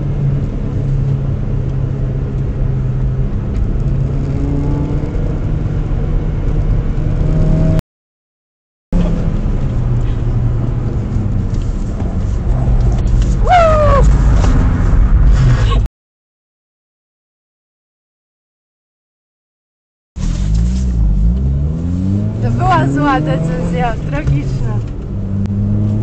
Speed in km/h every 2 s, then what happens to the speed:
53, 44, 53, 60, 66, 57, 37, 2, 0, 0, 22, 37, 48.
3-7 speeds up to 66. 7-14 brakes to 2. 14-18 standing. 18-26 pulls away to 48.